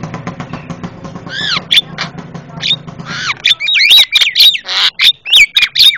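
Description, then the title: Javan myna making varied whistles and squawks, building into a fast run of loud, twisting chattering calls in the last seconds. Very noisy calling, a master sound used for training cage birds. "Jalak Kebo Master Suara Super Berisik Buat Masteran"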